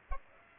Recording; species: mosquito wingbeat signal from an infrared sensor; Aedes aegypti